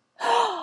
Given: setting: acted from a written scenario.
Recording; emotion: vocal sound without words; awe